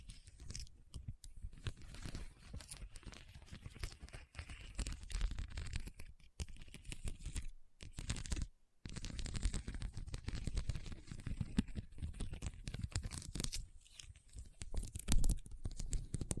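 Rhinestones are tapped and scratched in a quick, busy stream of dry clicks and rough scrapes. The sound stays dense for most of the time, with short silent breaks near seconds 6, 7.5 and 8.5 and a sharper burst around 15 seconds.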